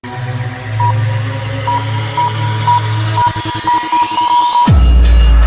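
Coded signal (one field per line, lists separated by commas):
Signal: none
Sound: electronic music beats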